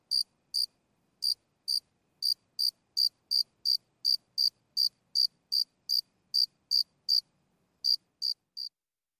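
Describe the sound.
Cricket chirping: short, high, crisp pulses repeated about three times a second in uneven runs with brief gaps, otherwise quiet.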